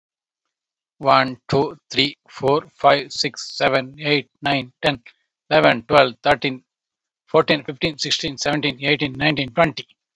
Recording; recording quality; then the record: counting at a normal pace; excellent, no background noise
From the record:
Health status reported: COVID-19 positive, mild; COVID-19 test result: positive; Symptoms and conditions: cough, breathing difficulty, loss of smell and taste, chronic lung disease, pneumonia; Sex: male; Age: 48 years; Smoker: not ticked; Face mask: not worn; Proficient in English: yes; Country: India